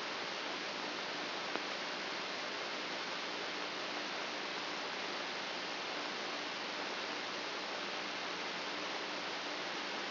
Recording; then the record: brain microelectrode recording played as sound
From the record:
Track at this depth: inside the subthalamic nucleus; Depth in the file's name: 2.834 mm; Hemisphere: left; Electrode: 3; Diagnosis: Parkinson's disease